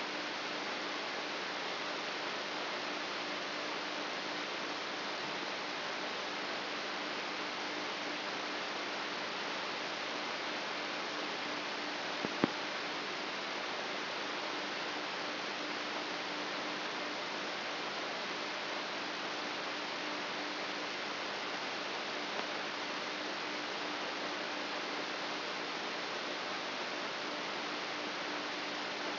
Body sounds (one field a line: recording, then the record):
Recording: brain microelectrode recording played as sound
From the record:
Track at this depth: inside the subthalamic nucleus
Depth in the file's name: 5.483 mm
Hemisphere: left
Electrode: 3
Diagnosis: Parkinson's disease